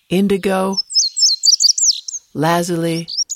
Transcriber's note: Indigo Bunting song; Lazuli Bunting song